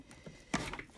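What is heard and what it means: A modular power cable connector is pulled back out of the port on a Cooler Master MasterWatt 550W modular power supply. There is a faint tap at 0.1 s, then a sharp release click at 0.6 s followed by softer rattles at 0.7 and 0.8 s. The cable comes free and is unplugged.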